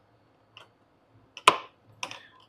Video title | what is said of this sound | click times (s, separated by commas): Milwaukee Packout Modification- Replace Handle and Clips W/Custom 3D Prints | locked into place and now lock down like so | 1.5 s